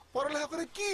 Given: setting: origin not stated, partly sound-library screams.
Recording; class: one-second piece from a danger detection set; normal situation